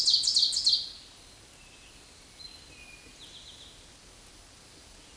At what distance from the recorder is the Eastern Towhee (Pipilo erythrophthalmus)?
about 55 m